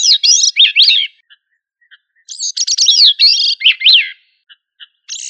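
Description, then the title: Thrush singing bursts of varied, fluty warbling phrases separated by quiet gaps with faint isolated notes. "Familia Turdidae - Sabia"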